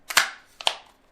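A plastic L2/R2 trigger piece is lifted over the back piece and lowered onto a game controller shell. Two sharp double clicks are heard, each a softer tick followed by a louder snap, with the main snaps at 0.2 s and 0.7 s, then a faint tick near 1.2 s. The trigger snaps into place and is seated.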